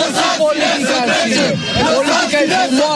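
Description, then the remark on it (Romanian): A large protest crowd in central Bucharest, honouring King Michael and the martyrs of the 1989 Revolution, chants slogans such as "Timișoara" and against communism in unison, many voices overlapping in loud, rhythmic shouting that rises and falls without pause. “Am auzit strigându-se Timișoara, am auzit strigându-se mult mai des decât în alte dăți, just comuniștii sau just comunismul.”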